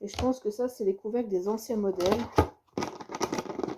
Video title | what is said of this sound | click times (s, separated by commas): Haul ACTION - | parce que clairement ça doit sclipser ça doit faire un petit clic et là ça se clipse pas | none